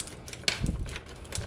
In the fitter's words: Right there until it snaps out.